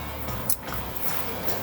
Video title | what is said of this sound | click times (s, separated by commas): Z AUTOMOTIVE JEEP JL/JT Z - LOCKER OEM CONTROLLER HARNESS INSTALL - NEW PRODUCT!! | once you hear a snap now you're going to press this gray piece here | 0.5 s